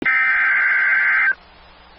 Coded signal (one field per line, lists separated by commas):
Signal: Emergency Alert System (SAME) tones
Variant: header bursts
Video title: Severe Thunderstorm Watch #590 (8/15/25) [EAS #281]